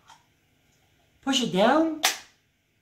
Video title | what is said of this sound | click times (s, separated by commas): Freestyle Libre Blood Glucose Monitoring System | hear that click in place you're ready to go | 0.1 s